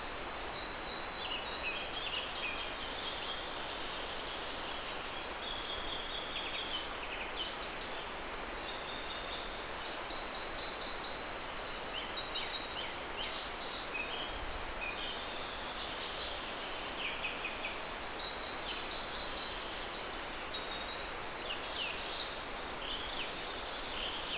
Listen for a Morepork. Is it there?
no